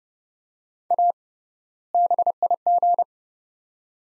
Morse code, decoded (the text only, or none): A BIG